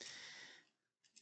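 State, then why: Not seated. The front wheel assembly of a plastic toy pen-car is being unfolded into position in the car body, with a broad rustling handling noise that fades out over the first 0.6 seconds. Two faint, short high-pitched ticks follow near the end. Nothing has seated or clicked into place yet.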